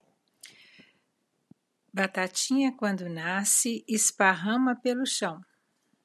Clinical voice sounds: short text; Brazilian Portuguese; female; 60 to 69 years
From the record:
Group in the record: control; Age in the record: 60 years

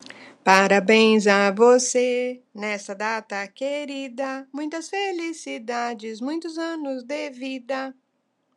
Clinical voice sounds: short text; Brazilian Portuguese; female; 50 to 59 years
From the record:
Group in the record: control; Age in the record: 59 years

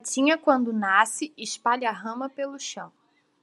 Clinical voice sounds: short text; Brazilian Portuguese; female; 18 to 19 years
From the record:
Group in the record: control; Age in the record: 18 years

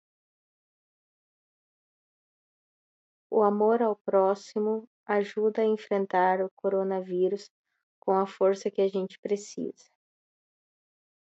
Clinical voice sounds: spoken sentence; Brazilian Portuguese; female; 30 to 39 years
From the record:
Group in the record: control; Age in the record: 30 years

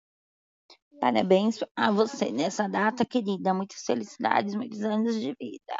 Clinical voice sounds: short text; Brazilian Portuguese; female; 30 to 39 years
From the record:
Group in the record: control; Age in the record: 35 years

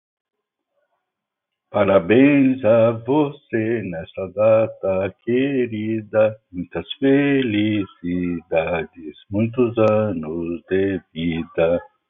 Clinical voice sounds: short text; Brazilian Portuguese; male; 60 to 69 years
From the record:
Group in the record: control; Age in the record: 67 years

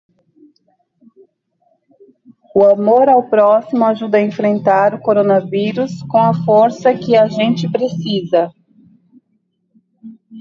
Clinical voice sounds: spoken sentence; Brazilian Portuguese; female; 30 to 39 years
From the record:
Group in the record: control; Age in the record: 34 years

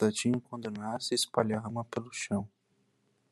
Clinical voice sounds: short text; Brazilian Portuguese; male; 20 to 29 years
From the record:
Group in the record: control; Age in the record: 27 years

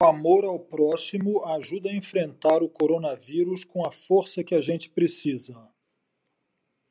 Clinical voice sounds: spoken sentence; Brazilian Portuguese; male; 50 to 59 years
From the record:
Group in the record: control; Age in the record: 53 years

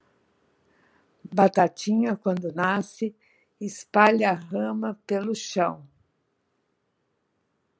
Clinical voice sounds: short text; Brazilian Portuguese; female; 60 to 69 years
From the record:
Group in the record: control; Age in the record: 68 years

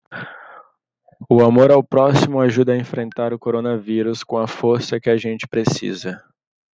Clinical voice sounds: spoken sentence; Brazilian Portuguese; male; 20 to 29 years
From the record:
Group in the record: control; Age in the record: 22 years

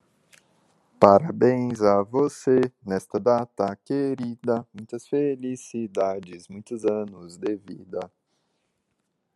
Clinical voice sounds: short text; Brazilian Portuguese; male; 30 to 39 years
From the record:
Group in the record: control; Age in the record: 36 years

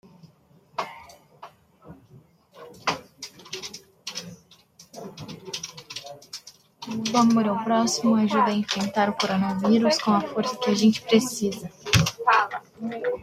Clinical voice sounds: spoken sentence; Brazilian Portuguese; female; 20 to 29 years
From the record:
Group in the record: control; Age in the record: 24 years

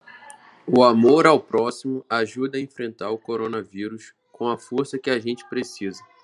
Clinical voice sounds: spoken sentence; Brazilian Portuguese; male; 20 to 29 years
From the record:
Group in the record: control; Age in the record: 20 years

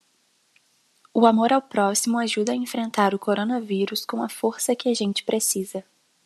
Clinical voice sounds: spoken sentence; Brazilian Portuguese; female; 18 to 19 years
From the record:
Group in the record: control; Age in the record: 19 years

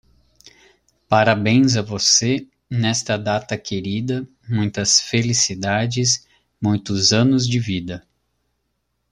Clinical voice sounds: short text; Brazilian Portuguese; male; 30 to 39 years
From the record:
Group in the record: control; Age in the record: 35 years

